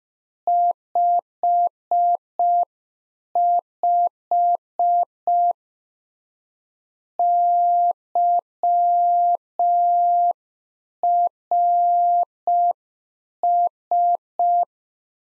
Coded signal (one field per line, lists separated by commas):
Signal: Morse code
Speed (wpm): 5 wpm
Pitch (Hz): 700 Hz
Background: none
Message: 55 YRS